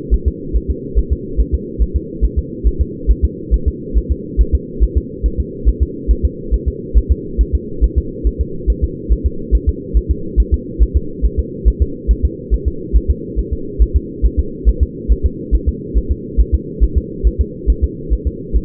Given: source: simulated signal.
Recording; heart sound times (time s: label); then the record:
fetal heart sounds
0.14 s: S1
0.28 s: S2
0.56 s: S1
0.70 s: S2
0.99 s: S1
1.13 s: S2
1.40 s: S1
1.54 s: S2
1.82 s: S1
1.96 s: S2
2.25 s: S1
2.39 s: S2
2.67 s: S1
2.81 s: S2
3.11 s: S1
3.25 s: S2
3.54 s: S1
3.68 s: S2
3.98 s: S1
4.12 s: S2
4.41 s: S1
4.55 s: S2
4.84 s: S1
4.98 s: S2
5.26 s: S1
5.40 s: S2
5.69 s: S1
5.83 s: S2
6.11 s: S1
6.25 s: S2
6.54 s: S1
6.68 s: S2
6.98 s: S1
7.12 s: S2
7.41 s: S1
7.55 s: S2
7.84 s: S1
7.98 s: S2
8.27 s: S1
8.41 s: S2
8.70 s: S1
8.84 s: S2
9.12 s: S1
9.26 s: S2
9.55 s: S1
9.69 s: S2
9.97 s: S1
10.11 s: S2
10.40 s: S1
10.54 s: S2
10.83 s: S1
10.97 s: S2
11.25 s: S1
11.39 s: S2
11.68 s: S1
11.82 s: S2
12.11 s: S1
12.25 s: S2
12.54 s: S1
12.68 s: S2
12.97 s: S1
13.10 s: S2
13.39 s: S1
13.53 s: S2
13.82 s: S1
13.96 s: S2
14.26 s: S1
14.39 s: S2
14.69 s: S1
14.83 s: S2
15.12 s: S1
15.26 s: S2
15.55 s: S1
15.69 s: S2
15.98 s: S1
16.12 s: S2
16.40 s: S1
16.54 s: S2
16.84 s: S1
16.98 s: S2
17.27 s: S1
17.41 s: S2
17.70 s: S1
17.84 s: S2
18.13 s: S1
18.27 s: S2
18.56 s: S1
From the record:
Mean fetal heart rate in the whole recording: 140 bpm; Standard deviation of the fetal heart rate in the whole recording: 2 bpm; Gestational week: 34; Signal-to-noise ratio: -4.3 dB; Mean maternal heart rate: 72 bpm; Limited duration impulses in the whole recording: absent